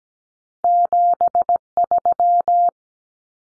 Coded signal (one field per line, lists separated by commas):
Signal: Morse code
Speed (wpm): 17 wpm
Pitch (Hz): 700 Hz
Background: none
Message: 73